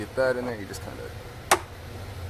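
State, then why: Seated. While reinstalling the A/C recirculation actuator under the dash of a 1997 Ram 2500, a plastic tabbed part is pushed into its dash mount as someone talks over a steady low hum. A single sharp click sounds at 1.5 s as the part seats in place.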